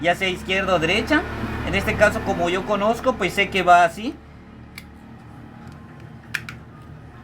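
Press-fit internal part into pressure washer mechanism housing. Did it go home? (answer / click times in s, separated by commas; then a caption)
yes / 6.3 s. Someone talks while reassembling a pressure washer, then pushes a polarized plastic press-fit part into its mechanism housing by hand. After a faint tick, a sharp snap at 6.4 s marks the part seating in the housing, followed by a softer tap.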